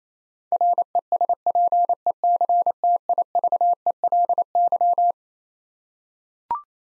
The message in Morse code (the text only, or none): RESPECTIVELY